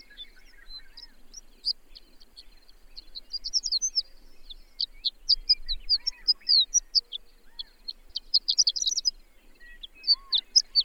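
Bird singing busy high-pitched chirping phrases that build up and become denser toward the middle, with occasional soft lower whistles.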